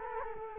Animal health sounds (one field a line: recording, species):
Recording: mosquito wingbeat signal from an infrared sensor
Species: Culex quinquefasciatus